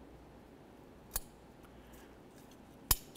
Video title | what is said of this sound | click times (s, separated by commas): How to Replace Fuel Injectors 2006-2011 Honda Civic | listen for a click from both sides and double check to make sure it is secured | 1.2 s, 2.9 s